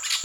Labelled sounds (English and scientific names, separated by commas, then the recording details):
Brown-throated Parakeet (Eupsittula pertinax) contact call
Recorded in Venezuela
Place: Maracay, UCV-Agronomy campus
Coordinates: 10.278, -67.607